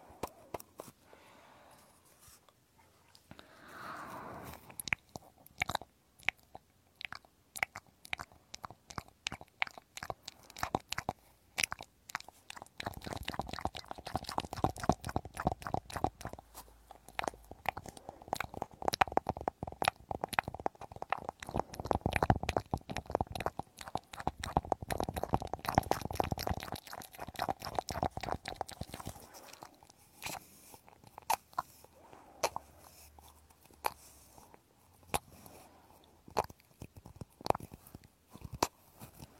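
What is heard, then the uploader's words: Ear cleaning, a dense run of crackling, scratchy clicks and rubs that starts sparse, thickens after about five seconds and is busiest from roughly 13 to 28 seconds. A faint steady hum sits under the middle stretch, and the crackles thin out again toward the end. Penetrating ear cleaning.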